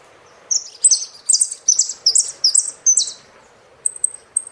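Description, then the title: Saffron finch song, a quick run of bright, downslurred chirps, then a pause and a few thin, very high ticks. "Jilguero Argentino"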